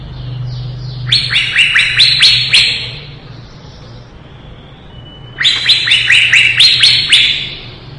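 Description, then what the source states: Leafbird song: two bright bursts of quick, down-slurred chirping notes, each about two seconds long, separated by a quiet gap, over a faint low hum. Lively singing (gacor), 2017.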